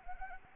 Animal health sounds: mosquito wingbeat signal from an infrared sensor; Anopheles arabiensis

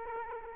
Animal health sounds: mosquito wingbeat signal from an infrared sensor; Aedes aegypti

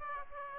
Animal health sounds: mosquito wingbeat signal from an infrared sensor; Aedes aegypti

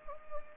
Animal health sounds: mosquito wingbeat signal from an infrared sensor; Anopheles gambiae

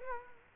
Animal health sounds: mosquito wingbeat signal from an infrared sensor; Culex quinquefasciatus

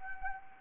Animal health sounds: mosquito wingbeat signal from an infrared sensor; Anopheles arabiensis

